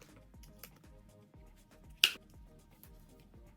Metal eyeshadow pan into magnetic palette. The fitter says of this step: and then it just clicks right in magnetic so the key is to find the side that has like the biggest gap